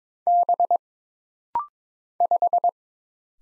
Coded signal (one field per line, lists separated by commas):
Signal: Morse code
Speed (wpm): 22 wpm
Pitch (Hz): 700 Hz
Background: none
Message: B 5